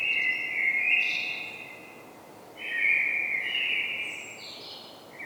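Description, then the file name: Common blackbird song: two mellow fluted warbling phrases with a short pause between them. "Turdus merula"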